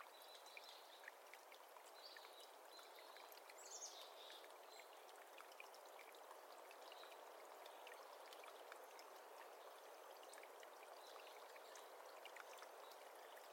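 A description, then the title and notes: A daytime forest with a steady rush of running water that never lets up. Small bird calls flicker faintly above it in the first few seconds, with one brighter falling chirp near the four-second mark, then only the even flow continues. Ambient Forest Day. Recorded June 2020.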